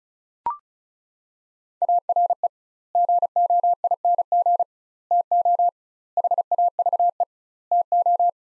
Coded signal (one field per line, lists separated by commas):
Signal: Morse code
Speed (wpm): 36 wpm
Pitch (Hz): 700 Hz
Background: none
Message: ARE GOING TO HAVE TO